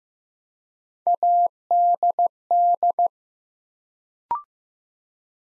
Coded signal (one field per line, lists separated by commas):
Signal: Morse code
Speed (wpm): 15 wpm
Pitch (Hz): 700 Hz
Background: none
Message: ADD